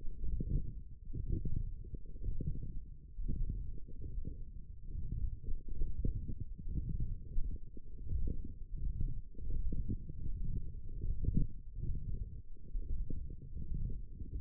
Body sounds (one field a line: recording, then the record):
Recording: forearm muscle sounds (acoustic myography)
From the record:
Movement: forearm pronation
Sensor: system 1, eight BSWA MPA416 microphones around the upper forearm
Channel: 1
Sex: male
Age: 23 years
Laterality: right